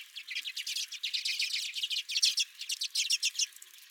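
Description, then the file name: Redpolls calling as a flock, rapid dry chattering notes in quick bursts running together throughout, with short pauses between runs. Several redpolls at the recordist's own feeder. "Redpolls at My Feeder"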